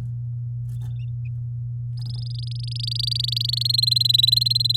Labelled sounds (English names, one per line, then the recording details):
Domestic Canary song
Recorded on 9 May 2018 at 13:27
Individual llb16